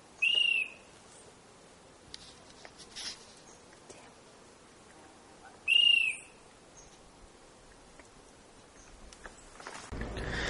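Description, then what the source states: Rufous antpitta singing high, clear whistled notes, two about five seconds apart, with scattered faint clicks and a burst of rustling noise at the end. Endemic subspecies G. rufula saltuensis, from the Serranía de Perijá (Serranía de los Motilones).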